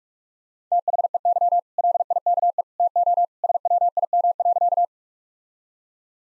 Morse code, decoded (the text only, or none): THEY LIKE TO SWIM.